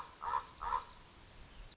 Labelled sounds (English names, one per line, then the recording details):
Common Raven
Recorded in Sonoma County, California